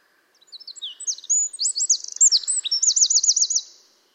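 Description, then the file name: Eurasian wren singing a loud, fast burst of piercing high notes that runs into rolling trills and a looping rattle before stopping abruptly after about three and a half seconds. "Troglodytes troglodytes"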